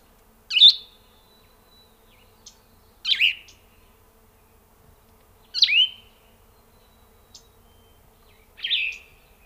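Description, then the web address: Plumbeous vireo delivering four short burry phrases at a slow, unhurried pace, roughly one every two and a half seconds, with a few faint chips in between. Grand Canyon, April 1999. "plumbeous vireo 1999-04 plumbious vireo song grand canyon"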